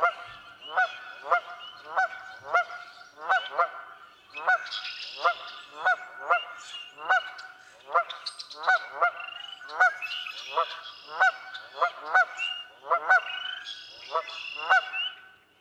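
Canada goose honking, a steady series of many repeated honks.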